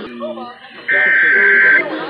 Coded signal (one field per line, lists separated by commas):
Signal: Emergency Alert System (SAME) tones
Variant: header bursts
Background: speech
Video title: Los Angeles Required Monthly Tests (EAS #1287-1318) 8/27/19